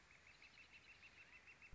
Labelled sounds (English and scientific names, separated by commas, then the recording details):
Northern Flicker (Colaptes auratus)
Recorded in Sonoma County, California